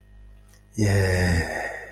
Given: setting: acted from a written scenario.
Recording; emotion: vocal sound without words; desire